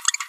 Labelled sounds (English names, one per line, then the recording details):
Green-rumped Parrotlet babbling
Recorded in a nest box in Venezuela
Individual 18B25A3